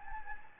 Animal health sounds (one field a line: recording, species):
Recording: mosquito wingbeat signal from an infrared sensor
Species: Anopheles gambiae